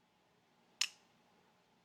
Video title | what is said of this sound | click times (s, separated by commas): FTO Ep.05 Part 2: Blade Selection with Lee Tigner of OTC - Hunting, Fishing, Outdoors | so lock back meaning I can push that lock and the knife | 0.8 s